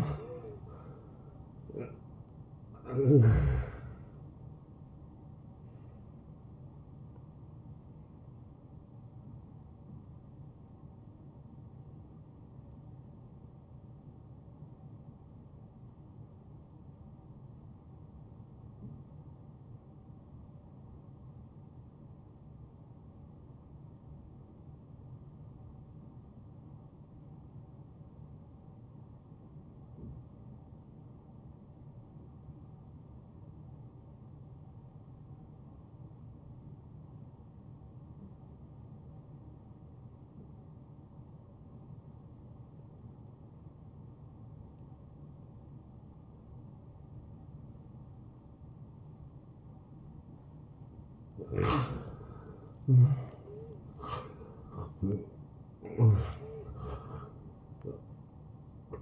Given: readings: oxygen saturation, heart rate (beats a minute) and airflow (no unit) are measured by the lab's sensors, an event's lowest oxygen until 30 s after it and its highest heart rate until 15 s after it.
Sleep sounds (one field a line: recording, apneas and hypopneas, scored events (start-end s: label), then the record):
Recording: breathing in sleep by a smartphone at the bedside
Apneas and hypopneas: 1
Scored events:
9.00-52.10 s: hypopnea (N2, oxygen 92% highest, then 78% lowest, heart rate 85 at the start, 85 highest)
12.00-59.02 s: new sleep stage, N1 (lightest sleep)
From the record:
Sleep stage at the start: N2 (light sleep)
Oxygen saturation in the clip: 76 to 92%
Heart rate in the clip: 59 to 87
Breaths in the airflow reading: 6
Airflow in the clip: -19.7 to 10.3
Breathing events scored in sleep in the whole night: 263 in 5.5 hours asleep